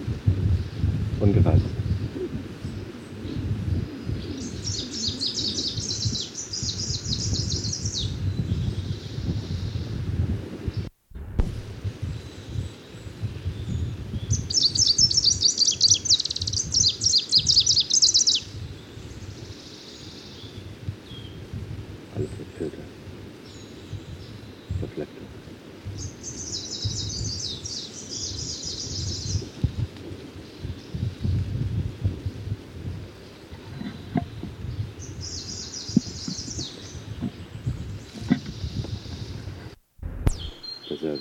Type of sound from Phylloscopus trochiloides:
song